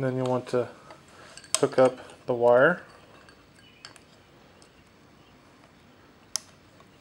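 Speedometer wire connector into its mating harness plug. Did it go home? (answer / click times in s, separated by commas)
yes / 6.4 s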